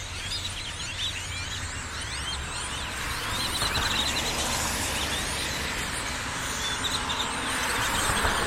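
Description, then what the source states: Birds calling, a dense chorus of overlapping high chirps and short rising whistles throughout, over a steady low rumble of traffic. Birds perched on electrical lines in Austin, Texas, USA, January 2012; binaural field recording made while cycling through the USA.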